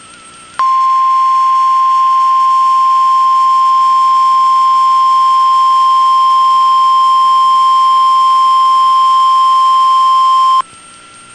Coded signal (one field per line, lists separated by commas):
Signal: Emergency Alert System (SAME) tones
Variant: 1050 Hz attention tone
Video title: Real NOAA Weather Radio EAS Alert #329